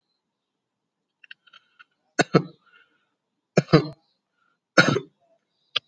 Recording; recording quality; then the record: shallow voluntary cough; excellent, no background noise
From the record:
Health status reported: healthy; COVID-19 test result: not tested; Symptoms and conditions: none ticked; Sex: male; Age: 33 years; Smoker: not ticked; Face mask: not worn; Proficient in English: yes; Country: India